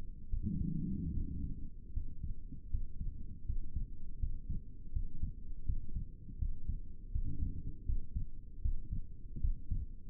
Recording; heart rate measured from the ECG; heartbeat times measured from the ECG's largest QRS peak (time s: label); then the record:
heart sounds by stethoscope; 79 bpm
0.31 s: heartbeat
1.14 s: heartbeat
1.94 s: heartbeat
2.71 s: heartbeat
3.47 s: heartbeat
4.20 s: heartbeat
4.93 s: heartbeat
5.66 s: heartbeat
6.39 s: heartbeat
7.13 s: heartbeat
7.87 s: heartbeat
8.63 s: heartbeat
9.42 s: heartbeat
From the record:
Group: healthy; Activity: Valsalva maneuver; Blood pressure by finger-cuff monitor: 88/57 mmHg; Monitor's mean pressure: 64 mmHg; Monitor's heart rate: 81 bpm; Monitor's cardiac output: 6.8 L/min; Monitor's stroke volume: 87 mL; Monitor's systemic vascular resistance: 680 dyn s/cm5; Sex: male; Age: 22 years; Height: 181 cm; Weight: 79 kg